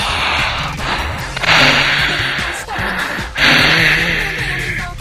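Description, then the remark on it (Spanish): A voice imitates heavy, mechanical breathing: two long, loud, hissing breaths in a slow rhythm, each a rasping rush of air with a low tone beneath. “se escucha una respiración así de bien tipo Darth Vader”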